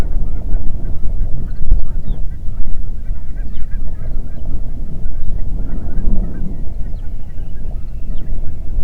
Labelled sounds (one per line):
songbird
waterfowl
wind